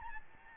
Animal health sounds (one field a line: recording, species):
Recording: mosquito wingbeat signal from an infrared sensor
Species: Aedes albopictus